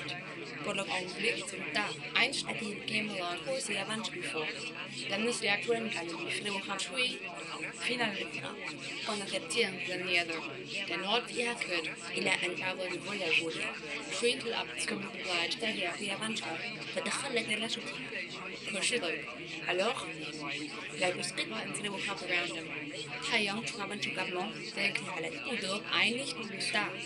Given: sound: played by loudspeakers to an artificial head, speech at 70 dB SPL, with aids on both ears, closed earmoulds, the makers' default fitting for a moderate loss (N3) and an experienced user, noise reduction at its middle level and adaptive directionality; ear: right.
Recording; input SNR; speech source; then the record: speech test signal (ISTS) in cocktail-party noise; 0 dB; in front (0 degrees)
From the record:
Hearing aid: class 2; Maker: C